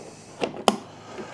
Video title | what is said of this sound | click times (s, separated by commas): How To Test Your RAM - How to Repaste Your CPU - 2024 | should snap right in place | 0.7 s